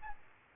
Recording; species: mosquito wingbeat signal from an infrared sensor; Aedes aegypti